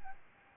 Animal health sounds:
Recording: mosquito wingbeat signal from an infrared sensor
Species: Aedes albopictus

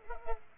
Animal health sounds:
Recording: mosquito wingbeat signal from an infrared sensor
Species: Culex pipiens

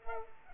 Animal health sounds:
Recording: mosquito wingbeat signal from an infrared sensor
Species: Culex pipiens

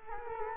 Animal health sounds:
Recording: mosquito wingbeat signal from an infrared sensor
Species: Culex quinquefasciatus

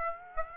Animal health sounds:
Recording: mosquito wingbeat signal from an infrared sensor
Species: Aedes aegypti

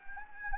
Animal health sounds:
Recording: mosquito wingbeat signal from an infrared sensor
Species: Anopheles gambiae

